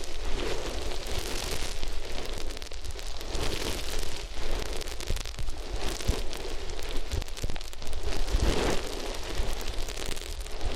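Continuous rubbing against ears makes a dense, crackling rush with a heavy low rumble, swelling in slow waves every couple of seconds throughout.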